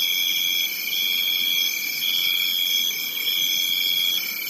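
Crickets: an unbroken high-pitched chorus of overlapping trills, with a brighter tone pulsing on and off roughly every second.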